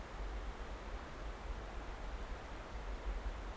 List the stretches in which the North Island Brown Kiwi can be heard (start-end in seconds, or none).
none